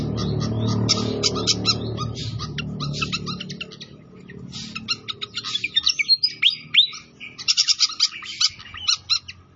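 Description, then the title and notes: Pied fantail song of quick chirps and thin whistles, with running water heavy in the first few seconds before the notes stand out alone. Masteran training of a clear song mixed with the sound of flowing water. "Masteran Sikatan Kipas Suara Jernih Dan Suara Gemericik Air. Suara Burung Sikatan Londo"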